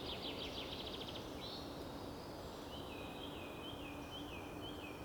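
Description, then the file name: European robin: high, thin notes: a quick buzzy trill, then a short wavering phrase repeated several times, over a steady background hiss. "Erithacus rubecula"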